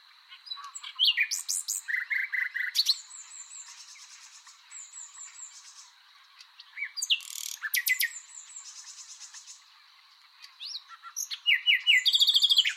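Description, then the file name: Common nightingale song, varied phrases of rapid repeated notes, buzzy trills and sharp whistles, with pauses between bursts and a steady high background hum. "Luscinia megarhynchos"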